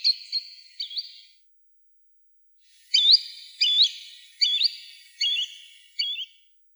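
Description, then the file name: Green sandpiper calls: clear, ringing whistled notes with a rising flick, three short ones, a pause, then five repeated under a second apart. "Tringa ochropus"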